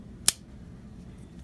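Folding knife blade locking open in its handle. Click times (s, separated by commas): 0.3 s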